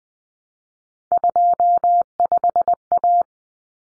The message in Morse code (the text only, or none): 25A